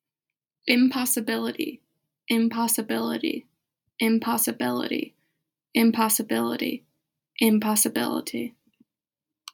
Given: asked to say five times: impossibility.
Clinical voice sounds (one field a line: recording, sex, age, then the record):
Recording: repeated word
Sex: female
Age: 20 to 29 years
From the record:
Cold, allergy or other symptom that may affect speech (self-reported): no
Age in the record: 21 years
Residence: New Jersey, United States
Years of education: 16